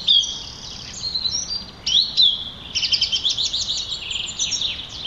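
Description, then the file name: Song thrush song with sharp whistled notes and quick repeated chirping phrases, set against constant low background noise. "Turdus philomelos - Song Trush"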